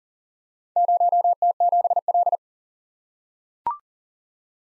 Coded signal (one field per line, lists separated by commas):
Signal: Morse code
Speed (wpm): 39 wpm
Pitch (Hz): 700 Hz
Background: none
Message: 0T7L